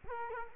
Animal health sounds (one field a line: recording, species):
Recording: mosquito wingbeat signal from an infrared sensor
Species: Culex quinquefasciatus